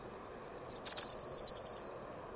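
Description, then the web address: Bird call: one high sliding note followed by a fast pulsing trill, over a quiet low hum. "Deverinetal 2025 File origin Bird Only Cy Ca"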